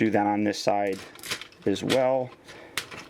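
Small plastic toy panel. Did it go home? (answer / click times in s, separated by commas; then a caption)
yes / 2.8 s. Someone talks while pushing up a plastic leg panel on the second side of a transforming action figure, a Transformers Combiner Wars Leader Class Ultra Magnus, into its locked position on the leg. A sharp click at 2.8 s, followed by a fainter tick, shows the panel clicking into place and seating.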